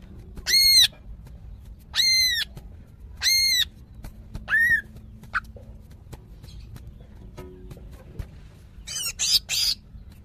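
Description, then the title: Greater green leafbird gives four arched, harmonic nasal notes about a second apart, then near silence, ending with a few harsh buzzy bursts. Female calling to a male, described as very vocal. "CUCAK IJO BETINA GACOR HIPER MEMANGGIL JANTAN"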